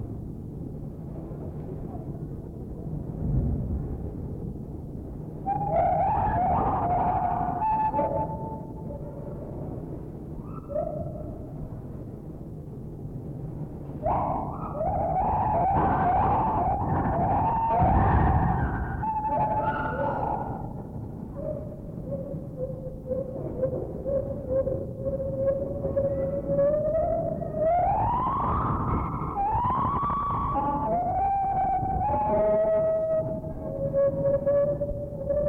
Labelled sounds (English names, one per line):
Lar Gibbon